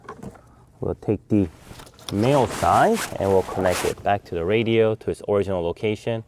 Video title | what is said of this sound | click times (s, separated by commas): 2024 Toyota Sequoia Sound Upgrade in Minutes - Easy Amp Installation | press in hard enough to hear that click | 0.1 s